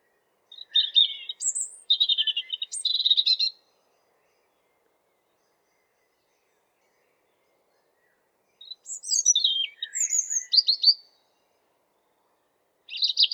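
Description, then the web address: European robin song delivered in three bursts with long silences between, the last cut off at the end, each burst a jumble of high whistles, descending slurs and rapid trills. "geluiden roodborst zang"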